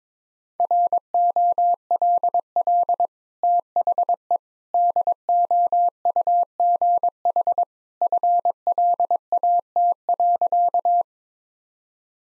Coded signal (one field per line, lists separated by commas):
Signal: Morse code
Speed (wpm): 22 wpm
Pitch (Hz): 700 Hz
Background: none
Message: ROLL THE DOUGH FLAT.